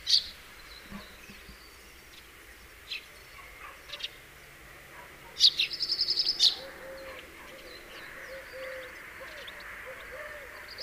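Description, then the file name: House sparrow calls: a few scattered chirps, then a quick rattling burst of high notes lasting about a second, over steady background noise. "Passer domesticus"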